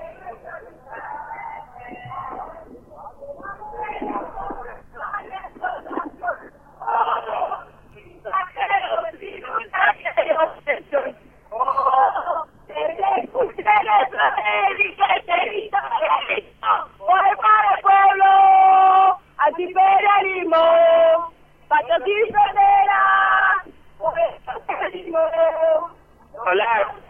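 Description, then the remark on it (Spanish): A crowd chants continuously at a memory, truth and justice gathering in Libertador, heard in the background through a narrow, tinny phone line, with rhythmic bursts of voices and sustained sung notes swelling louder in the second half before ending abruptly. “A ver, déjanos percibir a través de tu teléfono el fondo del cántico.”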